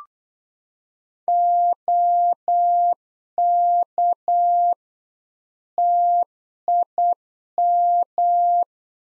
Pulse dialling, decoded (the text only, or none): none